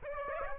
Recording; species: mosquito wingbeat signal from an infrared sensor; Aedes aegypti